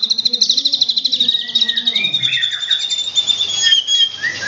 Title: Murai Batu